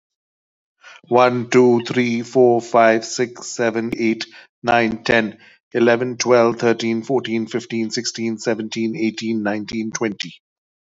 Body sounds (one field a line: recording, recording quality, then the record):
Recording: counting at a normal pace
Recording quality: excellent, no background noise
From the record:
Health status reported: healthy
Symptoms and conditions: cough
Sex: male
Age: 52 years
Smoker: not ticked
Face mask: not worn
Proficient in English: yes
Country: India